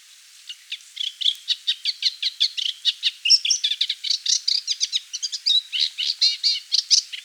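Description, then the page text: Moustached warbler song: rapid, varied warbling of chattering and whistled notes, delivered in a steady unbroken stream. "Moustached Warbler Song. Quick Sounds"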